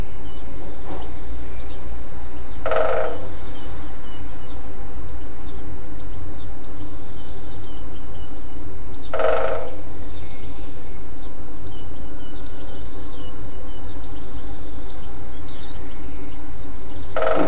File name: MZ-N 710 Pic epeiche tambourinant 5 04 07